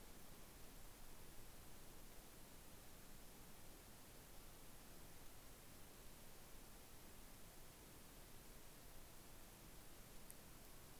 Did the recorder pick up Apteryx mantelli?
no